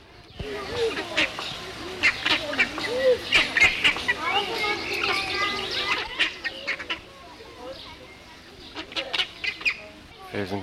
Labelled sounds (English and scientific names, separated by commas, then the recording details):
Southern Rockhopper Penguin (Eudyptes chrysocome) call
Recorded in captivity
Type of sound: call
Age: adult
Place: Zoo Leipzig, Sachsen, DE
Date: 1967-06-07 15:00
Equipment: Uher 4200 Report Monitor, Sennheiser MD 421
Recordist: Tembrock, Günter
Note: Rufe bei Fütterung